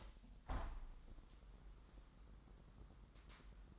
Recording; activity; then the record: daily activity, microphone in the room; open window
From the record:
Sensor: 3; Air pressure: 998.6 hPa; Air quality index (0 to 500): 149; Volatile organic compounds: 5 ppm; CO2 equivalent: 1798 ppm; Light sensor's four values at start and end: 10/25/10/11 and 11/26/11/12